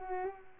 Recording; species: mosquito wingbeat signal from an infrared sensor; Culex pipiens